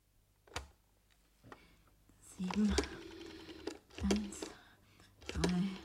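A telephone on a desk being dialed: a sharp click, then three evenly spaced whirring, ratcheting bursts like a rotary dial spinning back, each with a low buzzing tone, moderately loud with no voices.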